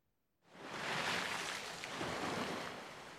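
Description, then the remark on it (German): A sudden rush of foaming sea surf swells in after near-silence, a broad hissing wash of water that sustains loudly, easing slightly then surging again as another wave breaks. “So schäumte das Meer.”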